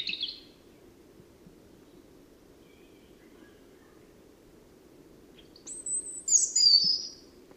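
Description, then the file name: European robin song: a brief warbled burst at the start, a long quieter stretch with only a few faint notes, then a thin high whistle leading into a sparkling trilled phrase. "Erithacus rubecula"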